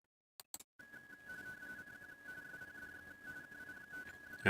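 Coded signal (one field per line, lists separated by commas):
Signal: RTTY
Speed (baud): 45.45 baud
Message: CQ SPDX KI5W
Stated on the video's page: RTTY contest from a Yaesu FT991A at 30 watts into a 29.5 ft end-fed antenna with autotuner.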